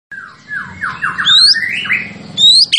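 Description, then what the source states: White-rumped shama song with harsh, squawky falling notes mixed with thin, high rising whistles over a low background rumble. Champion bird; training (masteran) recording.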